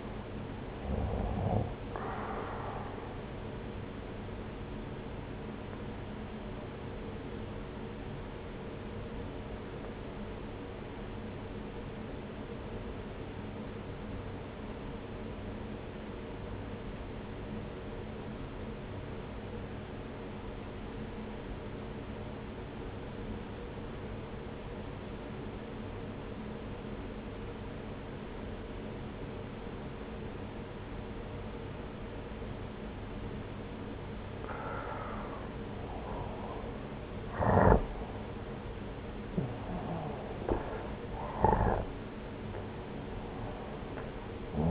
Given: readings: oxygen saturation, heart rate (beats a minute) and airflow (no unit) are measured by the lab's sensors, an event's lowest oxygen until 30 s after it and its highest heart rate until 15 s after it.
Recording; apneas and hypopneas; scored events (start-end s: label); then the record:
breathing in sleep by a voice recorder at the bedside; 1
5.00-44.71 s: new sleep stage, N1 (lightest sleep)
8.00-35.60 s: obstructive apnea (N1, oxygen 94% highest, then 87% lowest)
From the record:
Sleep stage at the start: N2 (light sleep); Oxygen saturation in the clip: 88 to 94%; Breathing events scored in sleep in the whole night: 303 in 8.1 hours asleep